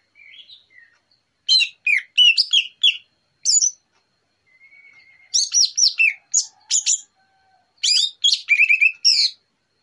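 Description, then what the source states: Orange-headed thrush song: a soft opening whistle, then clusters of sharp, varied high notes and trills with pauses between phrases. Morning song used as a lure, relaxed and clear.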